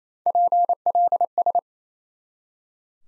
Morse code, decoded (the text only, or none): PLS